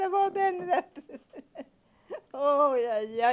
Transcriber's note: she laughs